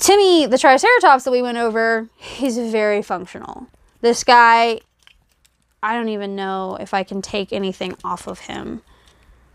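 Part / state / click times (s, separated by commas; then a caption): plastic brick part on a brick-built dinosaur model / not seated / none. Someone talks while working a part off a plastic brick-built triceratops model from LEGO set 31088, with faint handling sounds between about 5.0 and 5.7 seconds. The clip ends just before the part goes back on, so nothing has seated or clicked yet.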